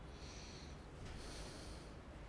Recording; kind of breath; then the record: one breath in and out by a microphone near the nose and mouth; deep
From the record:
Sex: male